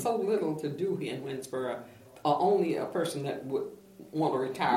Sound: none

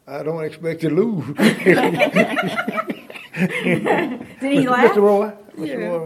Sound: laughter

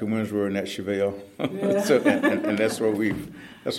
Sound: laughter

